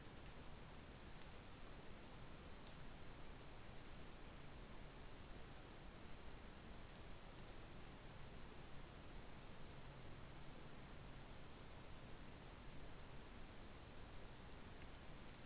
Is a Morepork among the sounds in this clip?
no